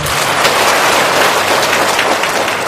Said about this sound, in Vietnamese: Xin quý vị hãy dành những tràng pháo tay và cùng lắng nghe.